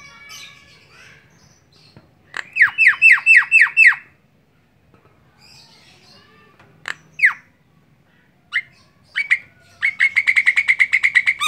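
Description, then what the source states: Javan myna song: a series of ringing, downward-slurred whistles, scattered sharp calls, then a rapid rattling sequence of repeated notes. Javan myna in ngoceh, a chattering song style.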